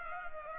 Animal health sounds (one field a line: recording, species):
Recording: mosquito wingbeat signal from an infrared sensor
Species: Culex pipiens